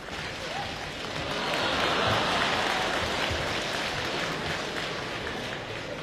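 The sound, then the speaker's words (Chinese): A crowd claps steadily for about six seconds, welcoming a two-man crosstalk (xiangsheng) act at a May Fourth Youth Day show of young crosstalk performers; a dense, even wash of applause that swells slightly in the middle and then holds before tapering a little, with no voices standing out. “谢谢您的掌声鼓励。”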